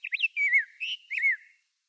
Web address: Schulze Peter Rose-breasted Grosbeak song